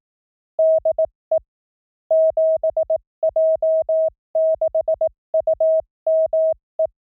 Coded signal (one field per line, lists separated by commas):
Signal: Morse code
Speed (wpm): 18 wpm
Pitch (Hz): 640 Hz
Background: none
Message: DE 7J6UME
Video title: Morse CW Training JP Random Callsign Speed from 15 to 25 WPM 300 Calls Sampling Rate 44100